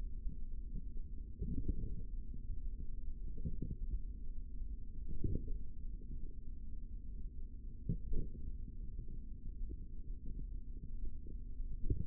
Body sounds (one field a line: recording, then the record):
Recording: forearm muscle sounds (acoustic myography)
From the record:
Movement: tripod grip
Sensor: system 3, bracelet of six PUI Audio POM-2738L microphones around the upper forearm, with dedicated amplification and filtering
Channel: 6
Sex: male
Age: 25 years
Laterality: right